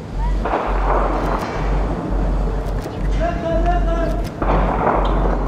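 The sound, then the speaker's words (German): Several sharp gunshots crack and echo over the city wall of Diyarbakir in September 2015. They are scattered irregularly amid a steady rumbling noise, with a brief wavering tone rising in the middle. “Schüsse hallen über die Stadtmauer.”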